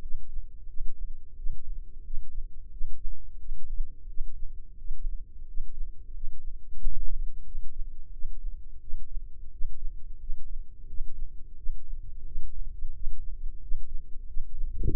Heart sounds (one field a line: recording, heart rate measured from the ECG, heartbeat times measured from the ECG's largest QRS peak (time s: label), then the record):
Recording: heart sounds by microphone in the right ear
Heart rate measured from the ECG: 89 bpm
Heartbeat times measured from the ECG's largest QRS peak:
0.01 s: heartbeat
0.67 s: heartbeat
1.35 s: heartbeat
2.03 s: heartbeat
2.70 s: heartbeat
3.37 s: heartbeat
4.07 s: heartbeat
4.77 s: heartbeat
5.46 s: heartbeat
6.12 s: heartbeat
6.78 s: heartbeat
7.44 s: heartbeat
8.11 s: heartbeat
8.79 s: heartbeat
9.50 s: heartbeat
10.18 s: heartbeat
10.86 s: heartbeat
11.55 s: heartbeat
12.23 s: heartbeat
12.92 s: heartbeat
13.59 s: heartbeat
14.25 s: heartbeat
14.90 s: heartbeat
From the record:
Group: healthy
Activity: rest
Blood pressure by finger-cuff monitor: 108/75 mmHg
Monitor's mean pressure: 85 mmHg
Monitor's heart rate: 89 bpm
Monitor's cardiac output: 7.3 L/min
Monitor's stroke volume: 82 mL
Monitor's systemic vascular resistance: 850 dyn s/cm5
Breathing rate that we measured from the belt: 15 breaths a minute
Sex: male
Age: 19 years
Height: 178 cm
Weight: 83 kg